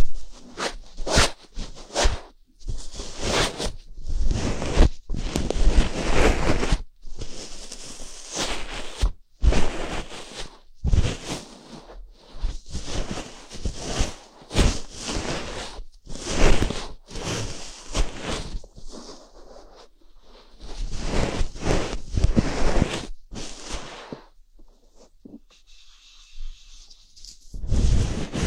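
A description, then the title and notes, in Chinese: Bonten ear cleaning: bursts of soft, scratchy fluff rustling come and go irregularly, separated by brief silences, with a fainter airy hiss near the end. 梵天掏耳。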